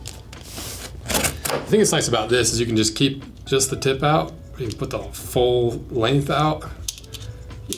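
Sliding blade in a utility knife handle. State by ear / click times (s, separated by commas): seated / 7.7 s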